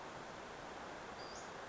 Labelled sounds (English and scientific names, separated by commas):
Western Flycatcher (Empidonax difficilis)